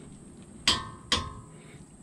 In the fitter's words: hear that click